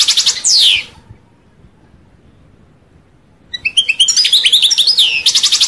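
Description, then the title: European goldfinch song: twittering ending in a sharp descending note, a pause of over two seconds, then a lively burst of twittering, trilled phrases. "Chant Chardonneret"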